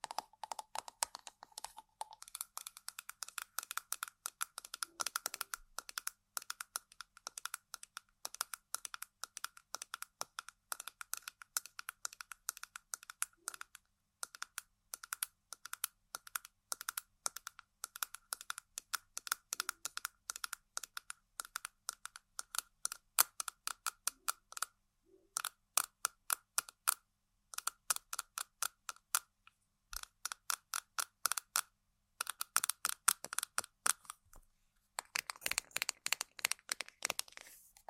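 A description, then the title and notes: Rapid tapping on a hard object runs almost continuously, a dense stream of sharp, crisp clicks like fast typing, with a faint ringing tone underneath. Brief pauses break it up around 25 and 33 seconds, and the clicks grow louder and sparser toward the end. ASMR Tapping & Scratching On Random Objects (No Talking).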